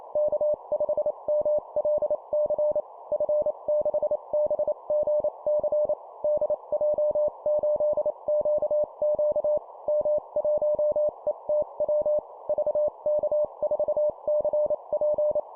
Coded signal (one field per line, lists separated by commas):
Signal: Morse code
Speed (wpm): 28 wpm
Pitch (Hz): 600 Hz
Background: none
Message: K5MLC F6BGC DJ8QQ M1ETW VK4CP